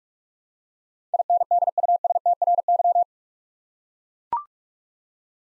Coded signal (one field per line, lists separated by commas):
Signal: Morse code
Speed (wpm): 44 wpm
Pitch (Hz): 700 Hz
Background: none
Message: INDUSTRY